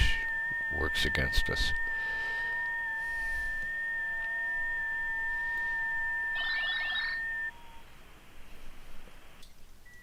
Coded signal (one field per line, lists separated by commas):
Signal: FT8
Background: speech